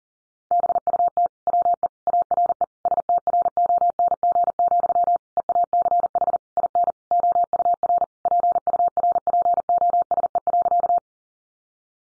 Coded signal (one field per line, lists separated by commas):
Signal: Morse code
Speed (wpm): 40 wpm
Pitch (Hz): 700 Hz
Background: none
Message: BUT WE ARE STRONG, EACH IN OUR PURPOSE.